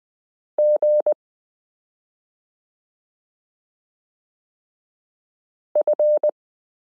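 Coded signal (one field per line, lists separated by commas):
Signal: Morse code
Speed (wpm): 20 wpm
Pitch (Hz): 600 Hz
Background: none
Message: GF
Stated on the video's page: Morse listening lesson 24 of a 72-part Koch-method variation series, introducing the letter q.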